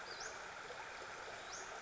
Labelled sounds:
Western Flycatcher (Empidonax difficilis)
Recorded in Sonoma County, California

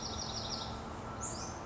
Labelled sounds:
Bewick's Wren (Thryomanes bewickii)
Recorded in Sonoma County, California

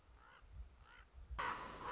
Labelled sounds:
Common Raven (Corvus corax)
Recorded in Sonoma County, California

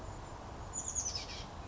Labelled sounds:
Oak Titmouse (Baeolophus inornatus)
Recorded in Sonoma County, California

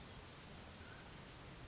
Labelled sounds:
Mountain Quail (Oreortyx pictus)
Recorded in Sonoma County, California

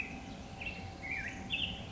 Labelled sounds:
Black-headed Grosbeak (Pheucticus melanocephalus)
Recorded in Sonoma County, California

